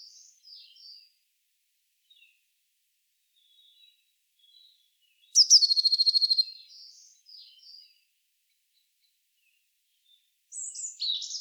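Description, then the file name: Eurasian blue tit giving a loud, rapid buzzy churr of about a dozen pulses, with faint high thin calls before and after and a louder high call at the end. "Cyanistes caeruleus"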